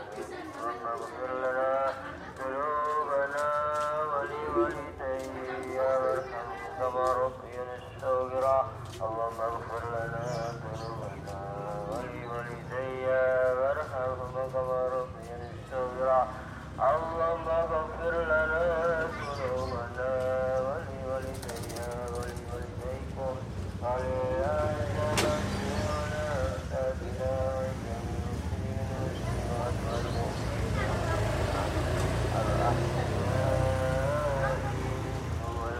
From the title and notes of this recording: Urban Soundscapes - East Java, call to evening prayers in Surabaya recorded by Nigel Brown. 東爪哇泗水市區的街巷空間，以及正值穆斯林晚間拜禱時刻的聲音風景.